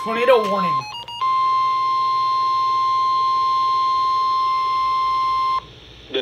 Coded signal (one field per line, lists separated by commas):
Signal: Emergency Alert System (SAME) tones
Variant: 1050 Hz attention tone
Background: speech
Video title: Tornado Warning (EAS #248)